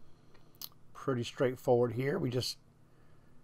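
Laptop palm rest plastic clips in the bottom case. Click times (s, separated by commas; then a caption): 0.5 s, 0.6 s. The plastic palm rest of a Google Chromebook is pried off the bottom case with a spudger or plastic tool, and its snap-fit clips are unsnapped along the edges on all sides. Two sharp, very short clicks at about 0.6 s and 0.6 s mark the clips popping open and releasing. Someone then talks from about 1.0 to 2.5 s.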